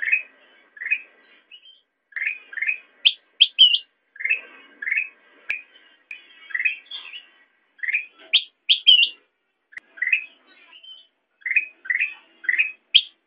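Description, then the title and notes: Sooty-headed bulbul giving repeated short, warbled chirps in small groups, broken by sharper higher notes at intervals. Tutor song (masteran) for training songbirds. "suara burung kutilang buat masteran"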